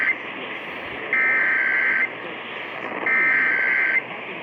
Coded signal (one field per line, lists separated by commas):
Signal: Emergency Alert System (SAME) tones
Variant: header bursts